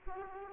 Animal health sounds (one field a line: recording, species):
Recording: mosquito wingbeat signal from an infrared sensor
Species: Aedes aegypti